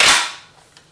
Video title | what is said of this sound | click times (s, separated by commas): Sauer 404 Synchro XTC Part 2 (the strip down) | slides on locks | 0.0 s